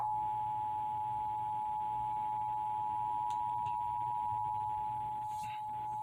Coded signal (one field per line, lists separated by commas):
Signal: Emergency Alert System (SAME) tones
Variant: 853 and 960 Hz attention tone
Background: speech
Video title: EAS #397: Severe Thunderstorm Warning - Indiana (6/29/2021) (WIPB)